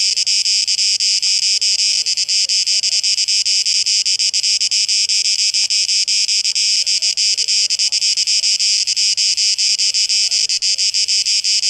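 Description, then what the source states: Cicada song: an unbroken high, sizzling drone, with faint lower sounds flickering in the background now and then. Cicadas recorded 12 August 2023; tape echo mix.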